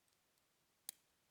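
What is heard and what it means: Spring-loaded blades of a mechanical arrow broadhead are pressed with some force until they release from their locked position and pop out. After quiet faint ticks, a single sharp, bright click sounds at 0.9 s, and the blades are released.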